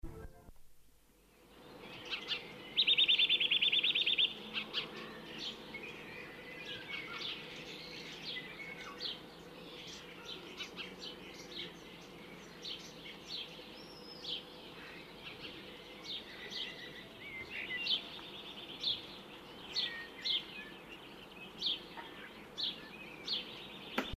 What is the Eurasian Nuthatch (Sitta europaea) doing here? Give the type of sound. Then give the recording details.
song. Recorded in the wild. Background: Passer domesticus. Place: Oberstdorf, Bayern, DE. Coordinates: 47.4099, 10.2798. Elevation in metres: 809. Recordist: Tretzel, Erwin. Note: Balztriller